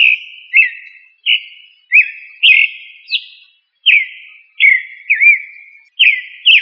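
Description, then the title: Thrush song: slurred whistled notes, mostly falling, in short bursts with brief pauses and one higher note near the middle. "Familia Turdidae - Sabia"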